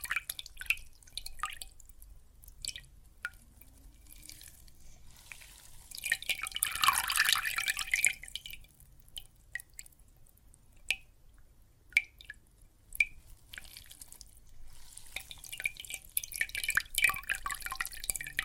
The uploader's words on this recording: ASMR Relaxing Water and Soap Foam Sounds (No Talking).